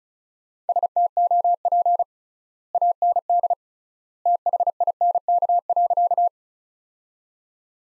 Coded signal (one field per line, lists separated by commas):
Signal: Morse code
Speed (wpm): 36 wpm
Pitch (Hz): 700 Hz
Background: none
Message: STOP AND THINK.